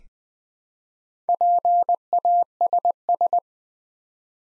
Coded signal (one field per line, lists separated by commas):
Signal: Morse code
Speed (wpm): 20 wpm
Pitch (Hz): 700 Hz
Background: none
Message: PASS